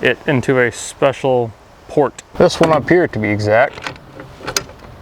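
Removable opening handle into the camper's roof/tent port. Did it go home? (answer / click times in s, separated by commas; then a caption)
yes / 4.6 s. Someone talks while inserting the removable opening handle into a dedicated port on the pop-up tent mechanism of a Skinny Guy Camper. A faint tap comes at about 4.2 s, and then a sharp click at 4.6 s as the handle locks into place in the port.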